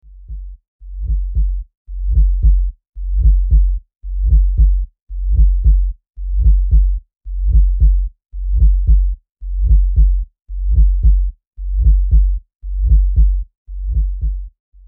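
An adult's heartbeat: steady, regular low thumps at about 56 beats a minute, each beat a paired lub-dub with brief silence between. Nothing else is heard over the beats, an ordinary heartbeat.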